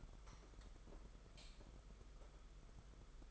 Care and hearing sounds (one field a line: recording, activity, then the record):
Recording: daily activity, microphone in the room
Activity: light on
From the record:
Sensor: 5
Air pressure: 991.2 hPa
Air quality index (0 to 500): 106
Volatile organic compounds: 21 ppm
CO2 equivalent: 2737 ppm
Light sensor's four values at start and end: 18/43/17/19 and 19/48/19/21